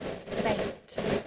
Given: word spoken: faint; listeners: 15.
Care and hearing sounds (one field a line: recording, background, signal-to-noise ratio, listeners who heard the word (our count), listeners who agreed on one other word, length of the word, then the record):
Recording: one English word in noise, from a listening test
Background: noise modulated by three-talker babble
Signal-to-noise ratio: -3.7 dB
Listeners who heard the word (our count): 2 of 15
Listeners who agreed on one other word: 7 of 15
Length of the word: 0.87 s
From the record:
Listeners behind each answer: 7, 2, 2, 1, 1, 1, 1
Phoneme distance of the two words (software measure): 17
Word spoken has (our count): 1 syllable, 4 phonemes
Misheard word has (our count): 1 syllable, 3 phonemes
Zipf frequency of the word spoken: 3.75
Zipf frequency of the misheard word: 3.70